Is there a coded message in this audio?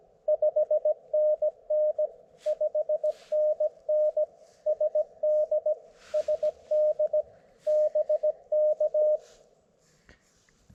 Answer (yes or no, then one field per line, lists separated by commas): yes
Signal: Morse code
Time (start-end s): 0.3-9.2 s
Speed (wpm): 20 wpm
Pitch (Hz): 590 Hz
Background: none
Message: 5NN 5NN SD SD BK